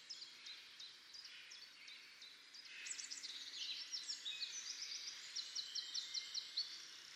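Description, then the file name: Eurasian nuthatch calls: thin, high piping notes in quick series, growing into a faster, denser run of repeated notes through the second half. "Sitta europaea"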